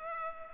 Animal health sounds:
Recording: mosquito wingbeat signal from an infrared sensor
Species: Culex pipiens

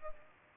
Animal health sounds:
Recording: mosquito wingbeat signal from an infrared sensor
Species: Culex pipiens

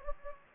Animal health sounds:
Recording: mosquito wingbeat signal from an infrared sensor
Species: Anopheles gambiae

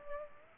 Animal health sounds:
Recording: mosquito wingbeat signal from an infrared sensor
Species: Culex pipiens

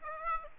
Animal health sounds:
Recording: mosquito wingbeat signal from an infrared sensor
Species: Aedes aegypti

